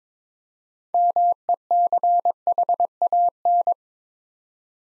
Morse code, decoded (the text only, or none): MECHAN